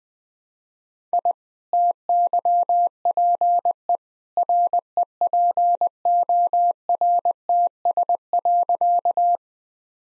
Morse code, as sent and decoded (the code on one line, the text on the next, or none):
.. / - -.-- .--. . / .-. . .--. --- .-. - ... .-.-.-
I TYPE REPORTS.